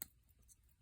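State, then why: Seated. The winding crown of a 1929 Elgin vintage mechanical watch in a scarce oval case is pulled out to the setting position, giving a crisp metallic click at 0.0 s. The crown seats into the setting position, which keeps the keyless works engaged properly. Only faint low background noise follows.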